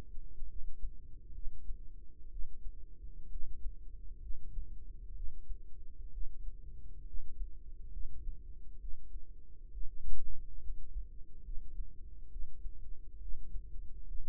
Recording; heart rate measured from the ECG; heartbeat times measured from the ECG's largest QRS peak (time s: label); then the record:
heart sounds by microphone in the right ear; 66 bpm
0.47 s: heartbeat
1.33 s: heartbeat
2.30 s: heartbeat
3.29 s: heartbeat
4.20 s: heartbeat
5.14 s: heartbeat
6.11 s: heartbeat
7.05 s: heartbeat
7.91 s: heartbeat
8.79 s: heartbeat
9.71 s: heartbeat
10.60 s: heartbeat
11.43 s: heartbeat
12.30 s: heartbeat
13.19 s: heartbeat
14.06 s: heartbeat
From the record:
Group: healthy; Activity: rest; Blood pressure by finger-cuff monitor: 100/65 mmHg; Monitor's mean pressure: 74 mmHg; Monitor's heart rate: 68 bpm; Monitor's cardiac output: 5 L/min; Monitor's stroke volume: 75 mL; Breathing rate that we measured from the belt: 17 breaths a minute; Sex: female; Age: 36 years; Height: 163 cm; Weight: 88 kg